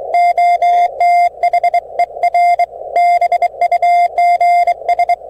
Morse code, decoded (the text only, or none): OTHER BUGS